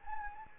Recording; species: mosquito wingbeat signal from an infrared sensor; Anopheles gambiae